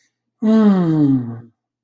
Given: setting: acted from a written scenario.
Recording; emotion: vocal sound without words; contentment